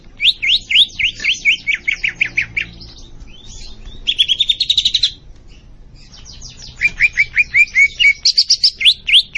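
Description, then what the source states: Greater green leafbird song: fast series of downslurred chirps, a dense buzzy trill, then more sliding notes and high twitters. Singing actively (gacor).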